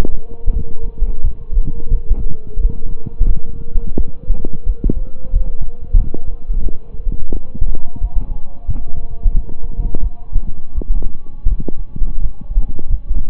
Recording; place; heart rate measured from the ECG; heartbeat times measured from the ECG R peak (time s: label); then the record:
heart sounds by stethoscope; between the tricuspid and mitral areas; 87 bpm
0.51 s: heartbeat
1.21 s: heartbeat
1.88 s: heartbeat
2.54 s: heartbeat
3.24 s: heartbeat
3.94 s: heartbeat
4.64 s: heartbeat
5.30 s: heartbeat
5.95 s: heartbeat
6.61 s: heartbeat
7.30 s: heartbeat
7.98 s: heartbeat
8.66 s: heartbeat
9.32 s: heartbeat
10.00 s: heartbeat
10.73 s: heartbeat
11.46 s: heartbeat
12.19 s: heartbeat
12.87 s: heartbeat
From the record:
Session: slow and fast walking with breaks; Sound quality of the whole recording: saturated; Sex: male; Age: 25 years